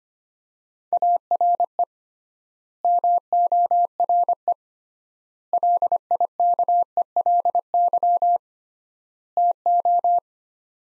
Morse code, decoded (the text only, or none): ARE MORE LIKELY TO